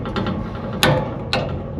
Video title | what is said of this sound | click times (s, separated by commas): Danger On The Sawmill How I Almost Lost My Eye ! #danger #dangerous #woodworking | till you hear it click the first time. | 0.8 s